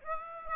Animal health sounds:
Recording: mosquito wingbeat signal from an infrared sensor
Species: Aedes aegypti

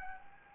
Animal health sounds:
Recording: mosquito wingbeat signal from an infrared sensor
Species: Anopheles gambiae

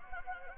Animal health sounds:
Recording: mosquito wingbeat signal from an infrared sensor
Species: Anopheles gambiae

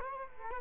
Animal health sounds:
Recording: mosquito wingbeat signal from an infrared sensor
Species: Culex quinquefasciatus

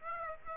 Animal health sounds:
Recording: mosquito wingbeat signal from an infrared sensor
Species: Aedes aegypti

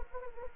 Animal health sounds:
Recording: mosquito wingbeat signal from an infrared sensor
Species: Anopheles gambiae

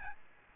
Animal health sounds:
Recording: mosquito wingbeat signal from an infrared sensor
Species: Aedes albopictus

